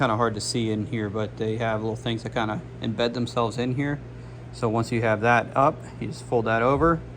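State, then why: Not seated. A plastic lace-lock clasp is handled with elastic shoelaces laid into it while someone talks, and the clasp is being folded over to close. No click is heard, and the clasp has not snapped shut; nothing has seated yet.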